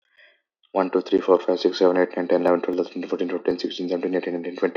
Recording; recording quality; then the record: counting at a fast pace; excellent, no background noise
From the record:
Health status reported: healthy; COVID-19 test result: not tested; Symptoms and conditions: none ticked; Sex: male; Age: 26 years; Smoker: not ticked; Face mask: not worn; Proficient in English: yes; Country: Canada